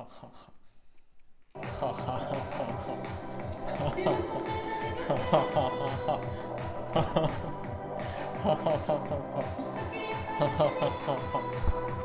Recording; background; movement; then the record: laughter; music; sitting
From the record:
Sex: male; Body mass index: 23.7 kg/m2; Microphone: on the chest, facing outward